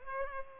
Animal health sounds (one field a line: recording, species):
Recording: mosquito wingbeat signal from an infrared sensor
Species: Culex pipiens